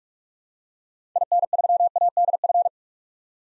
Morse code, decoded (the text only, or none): IN3ADF